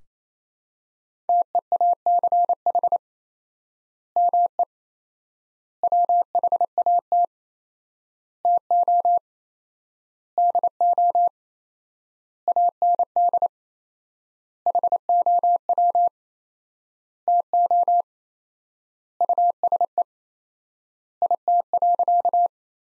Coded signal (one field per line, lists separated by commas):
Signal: Morse code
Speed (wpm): 27 wpm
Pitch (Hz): 700 Hz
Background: none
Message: TEACH ME WHAT TO DO AND HOW TO USE IT.